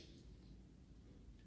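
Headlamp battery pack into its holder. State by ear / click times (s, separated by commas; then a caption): not seated / none. A headlamp battery pack is lined up with its holder to work out which way it slips in before being pushed home. The 1.5-second stretch is quiet, with only low steady background hum and no distinct sounds. Nothing has seated or clicked yet.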